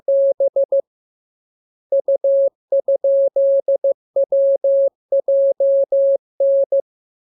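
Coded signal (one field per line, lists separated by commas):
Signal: Morse code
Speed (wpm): 15 wpm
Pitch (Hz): 550 Hz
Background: none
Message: B U?WJN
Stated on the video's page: Morse lesson 39 for receiving letters, numbers, punctuation and amateur radio Q-code; each radiogram begins with VVV and a section sign and ends with AR.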